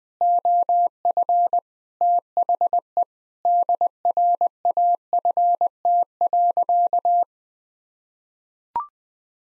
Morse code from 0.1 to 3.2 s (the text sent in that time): OF THE